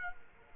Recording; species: mosquito wingbeat signal from an infrared sensor; Culex quinquefasciatus